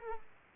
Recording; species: mosquito wingbeat signal from an infrared sensor; Aedes aegypti